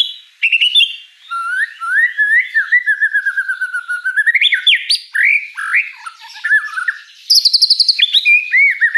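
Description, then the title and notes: White-rumped shama giving a long, continuous warbling phrase of wavering whistles that climbs in pitch, ending in a rapid high trill and falling slurs. Lure song (pancingan) of an actively singing (gacor) white-rumped shama (Murai Batu), with a rich repertoire of fill phrases (isian mewah). "Pancingan Gacor Murai Batu Bongkar Isian Mewah. Audio Murai Batu Dongfeng"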